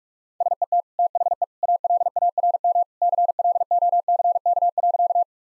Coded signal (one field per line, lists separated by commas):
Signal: Morse code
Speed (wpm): 46 wpm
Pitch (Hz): 700 Hz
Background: none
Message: SET THE ALARM CLOCK.